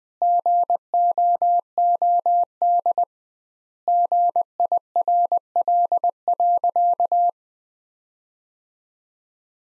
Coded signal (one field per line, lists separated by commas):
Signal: Morse code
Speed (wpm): 20 wpm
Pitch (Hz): 700 Hz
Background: none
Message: GOOD GIRL.